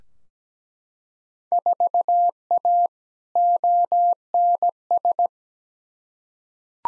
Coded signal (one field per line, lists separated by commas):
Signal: Morse code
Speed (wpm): 17 wpm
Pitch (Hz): 700 Hz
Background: none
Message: 4A ONS